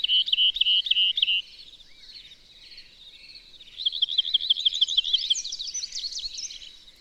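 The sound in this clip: Bird song opening with a few quick, identical looping whistles, a brief lull, then a long rapid warbling trill followed by scattered high chips.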